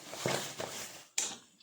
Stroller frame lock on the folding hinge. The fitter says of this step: इस क्लिक करने की आवाज़ आएगी। और यह लॉक है।